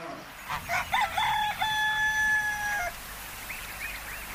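A rooster gives a single long, drawn-out crow with a steady high tone that rises into a sustained note and then breaks off, preceded by a few short clucking notes, with no talking.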